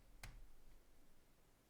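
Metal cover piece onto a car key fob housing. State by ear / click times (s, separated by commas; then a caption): seated / 0.2 s. During a battery replacement on a 2013–2015 Land Rover LR2 key fob, the silver metal cover piece is pushed onto the fob housing and slid down slightly to lock into place. A single sharp click sounds at 0.2 s over a quiet background. The cover piece is seated and locked.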